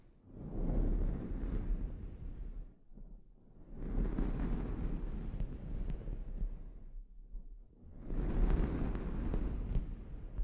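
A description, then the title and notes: Scalp treatment sounds come as three long passes of dense, rough rubbing and rustling, heavy in the low end with a windy, scratchy texture. Short quieter pauses fall around the three- and seven-second marks before the rubbing resumes. ASMR Sleep Inducing Scalp Treatment (No Talking).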